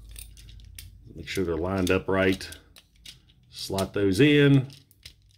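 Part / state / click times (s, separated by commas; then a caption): plastic pegs into the figure's fist sockets / not seated / none. Plastic pegs on the back section of a Generations Selects Hubcap toy figure are lined up and pushed toward the figure's fist sockets, with light plastic ticks and handling noises while someone talks. The clip ends before the pegs go home, so nothing has seated or clicked yet.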